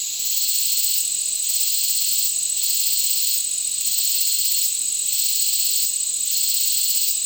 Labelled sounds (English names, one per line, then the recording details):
none
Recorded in dense forest near Puerto Asís, Putumayo, Colombia, on 20 February 2024 at 07:30
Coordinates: 0.499, -76.324
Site G6469